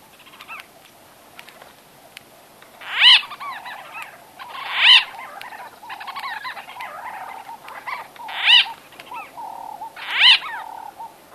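White-fronted bee-eater calls: a steady background of nasal, squeaky chatter broken by four louder harsh bursts spaced about two to four seconds apart.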